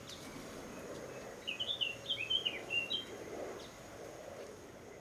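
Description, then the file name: Eurasian wren giving a brief run of bright, twittering high notes, set against steady low background noise. "Troglodytes troglodytes"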